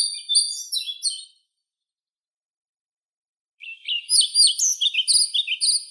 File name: Ficedula hypoleuca